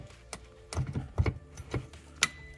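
A terminated RJ45 keystone network module is hooked into the grooves at the bottom of a wall faceplate and pushed in, with light handling knocks around 0.3, 0.7, 1.3 and 1.8 s. A sharp, bright click at 2.2 s marks the module snapping into place. It is seated firmly and feels solid.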